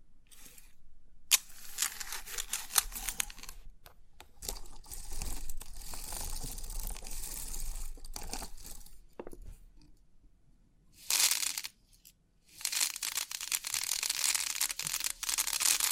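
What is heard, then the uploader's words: Crisp 3D pin art tingles: dense, bright clicking and rustling of many small pins shifting together, in uneven bursts with brief pauses. A sharp click lands near one second, a near-silent gap falls around ten seconds, and louder crisp bursts return near eleven and from thirteen seconds on. Crisp 3D Pin Art Tingles(No Talking).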